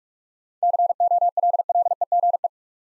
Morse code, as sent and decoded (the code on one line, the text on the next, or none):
-.-. --- .-.. .-.. . --. .
COLLEGE